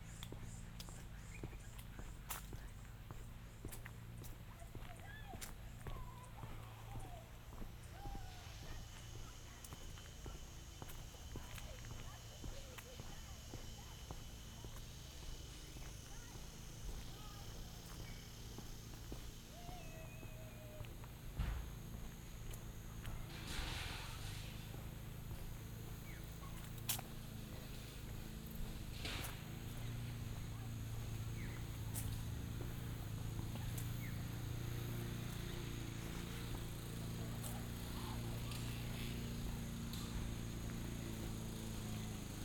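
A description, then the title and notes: A walk through a forest: scattered footsteps and rustles over a steady low rumble, with faint high bird calls and a brief voice midway. A short walk through the forest in Walkabout creek, around 12 Kilometers outside Brisbane. There's plenty of nature sounds, and some other signs of human activity too.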